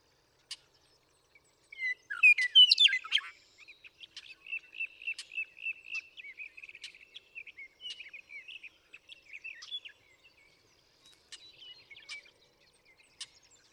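Western meadowlark song: a loud, jumbled burst of fluty notes early on, followed by a long series of fast, thin, repeated chirps.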